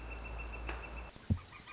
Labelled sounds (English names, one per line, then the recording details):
Northern Flicker
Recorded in Sonoma County, California